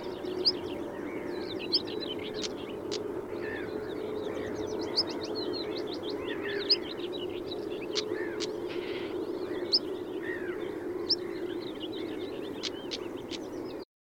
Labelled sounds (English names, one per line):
European Stonechat alarm call